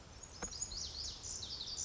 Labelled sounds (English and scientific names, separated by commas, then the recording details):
Lazuli Bunting (Passerina amoena)
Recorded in Sonoma County, California